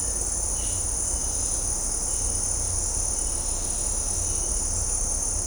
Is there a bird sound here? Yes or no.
no